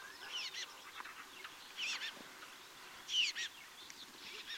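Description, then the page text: Ground tit calling with a few sparse, sharp chirps and brief squeaky notes, spaced well apart, over a quiet background. Recorded in Ladakh. "tibetan ground tit – Birds of Ladakh"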